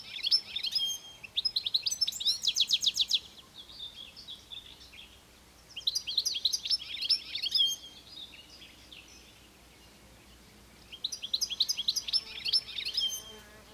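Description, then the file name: European goldfinch singing in three bursts of rapid, tinkling, buzzy twitters, each lasting about two to three seconds, separated by short pauses; faint background hiss. "Carduelis carduelis"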